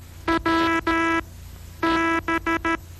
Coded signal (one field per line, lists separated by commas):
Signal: Morse code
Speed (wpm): 13 wpm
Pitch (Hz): 330 Hz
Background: music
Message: W B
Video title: AWA Classics - The Early Years of Amateur Radio